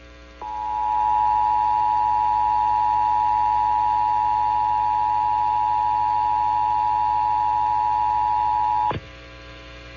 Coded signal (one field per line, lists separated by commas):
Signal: Emergency Alert System (SAME) tones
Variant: 853 and 960 Hz attention tone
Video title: National Periodic Test - 8/11/21 - EAS 334-335